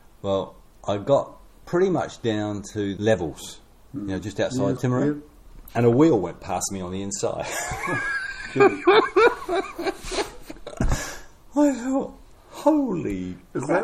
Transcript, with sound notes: Well I got pretty much down to Levels, you know, just outside Timaru, and a wheel went past me on the inside. [Laughter] I thought, ‘Holy crap!